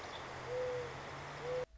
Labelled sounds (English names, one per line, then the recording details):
Mourning Dove
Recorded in Sonoma County, California